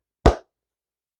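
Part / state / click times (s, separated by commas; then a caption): cover retaining button into child car seat shell hole / seated / 0.3 s. A plastic button with small grooves on a fabric child car seat cover is lined up with the hole in the seat shell and slid upward until it pops into place, so the cover is held firm instead of staying flimsy. A single sharp, broadband pop sounds at 0.3 s, fades within about two tenths of a second, and is followed by silence. The button is seated.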